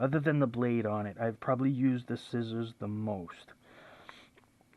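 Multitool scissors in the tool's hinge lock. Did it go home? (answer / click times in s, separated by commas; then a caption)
yes / 4.1 s. Someone talks, then opens the scissors on a folding multitool until the small hinge lock catches. The scissors seat in the hinge lock with a sharp click at 4.1 s, followed by a few faint ticks.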